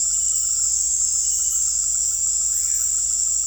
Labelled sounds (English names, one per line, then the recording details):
none
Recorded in secondary vegetation near Puerto Asís, Putumayo, Colombia, on 20 December 2024 at 18:30
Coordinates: 0.481, -76.318
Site G042